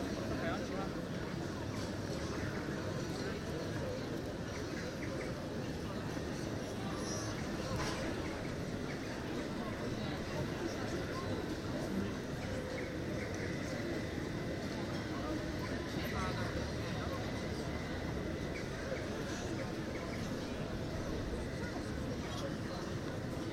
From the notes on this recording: Recorded while sitting on the ledge of the pedestal of William Of Orange's statue on the Plein, The Hague.